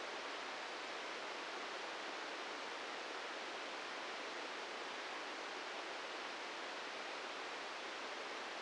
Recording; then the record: brain microelectrode recording played as sound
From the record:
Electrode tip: inside the subthalamic nucleus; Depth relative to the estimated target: 0 mm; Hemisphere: right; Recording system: NeuroSet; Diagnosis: Parkinson's disease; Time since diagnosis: 13 years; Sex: male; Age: 63 years